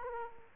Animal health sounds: mosquito wingbeat signal from an infrared sensor; Aedes aegypti

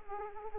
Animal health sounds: mosquito wingbeat signal from an infrared sensor; Anopheles arabiensis

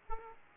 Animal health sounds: mosquito wingbeat signal from an infrared sensor; Aedes aegypti

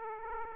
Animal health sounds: mosquito wingbeat signal from an infrared sensor; Aedes aegypti

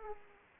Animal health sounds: mosquito wingbeat signal from an infrared sensor; Aedes aegypti

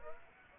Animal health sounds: mosquito wingbeat signal from an infrared sensor; Aedes aegypti

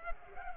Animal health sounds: mosquito wingbeat signal from an infrared sensor; Culex pipiens

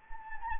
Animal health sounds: mosquito wingbeat signal from an infrared sensor; Anopheles gambiae

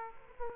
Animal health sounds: mosquito wingbeat signal from an infrared sensor; Aedes aegypti

